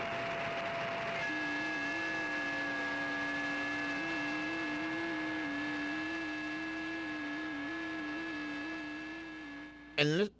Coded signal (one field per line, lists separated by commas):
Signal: FT8